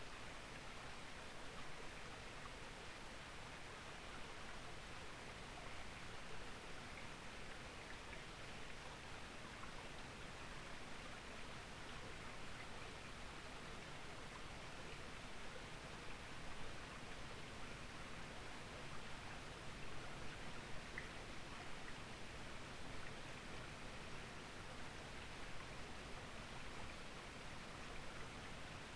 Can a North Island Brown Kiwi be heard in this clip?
no